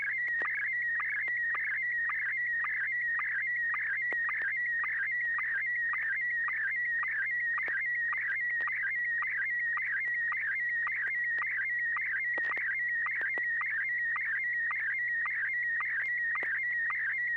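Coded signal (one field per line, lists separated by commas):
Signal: SSTV (slow-scan television)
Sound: warbling whistle near 2 kHz with steady rhythmic clicks about twice a second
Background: low hum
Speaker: All right, here we go. N6YG.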